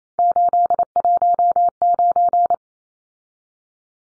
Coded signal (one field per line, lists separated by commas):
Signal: Morse code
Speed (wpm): 28 wpm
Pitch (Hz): 700 Hz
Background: none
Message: 819